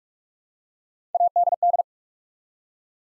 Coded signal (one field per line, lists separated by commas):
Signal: Morse code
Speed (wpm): 44 wpm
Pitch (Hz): 700 Hz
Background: none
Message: ADD